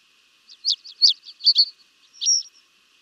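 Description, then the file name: Savannah sparrow song, a quick series of thin high chips and stuttered notes ending in a drawn-out insect-like buzz, all very high-pitched. "Savsparv"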